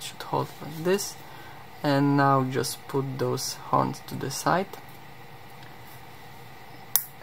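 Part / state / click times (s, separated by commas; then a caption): 3D printed plastic horns into the figure's head / seated / 7.0 s. Someone talks while 3D printed plastic horns are moved to the side and pressed into the figure's head. A single sharp click sounds at 7.0 s as the horns snap into place and seat.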